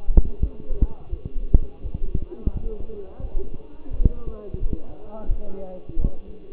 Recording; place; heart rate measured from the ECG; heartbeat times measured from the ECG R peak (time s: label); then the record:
heart sounds by stethoscope; between the tricuspid and mitral areas; 86 bpm
0.39 s: heartbeat
1.10 s: heartbeat
1.82 s: heartbeat
2.53 s: heartbeat
3.21 s: heartbeat
3.90 s: heartbeat
4.59 s: heartbeat
5.28 s: heartbeat
5.97 s: heartbeat
From the record:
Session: walking at 3.7 km/h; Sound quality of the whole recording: partially saturated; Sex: male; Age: 24 years